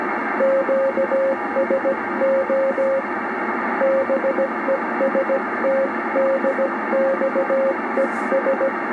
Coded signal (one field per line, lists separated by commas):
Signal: Morse code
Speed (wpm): 15 wpm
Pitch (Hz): 560 Hz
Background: radio noise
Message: QSO BEST DX ES